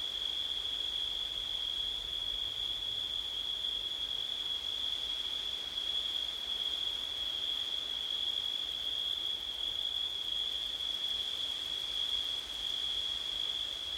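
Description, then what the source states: Cricket chorus as a constant, high-pitched ringing trill, unchanging in pitch and loudness for the whole stretch, over soft background hiss. Night in September, with wind.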